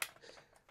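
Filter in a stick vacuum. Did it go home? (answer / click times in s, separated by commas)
yes / 0.0 s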